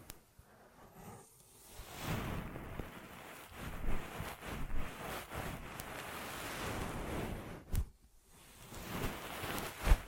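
Ear massage sounds: soft, dense rubbing and rustling that swell and fade in uneven waves, with a low rumbling undertone. The rubbing briefly drops to near silence around eight seconds, then resumes and ends with a sharp tap.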